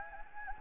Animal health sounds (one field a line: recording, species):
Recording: mosquito wingbeat signal from an infrared sensor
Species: Anopheles gambiae